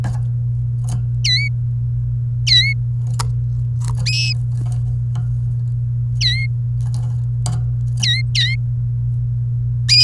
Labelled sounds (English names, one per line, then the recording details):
Domestic Canary song
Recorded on 29 April 2018 at 16:34
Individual llb3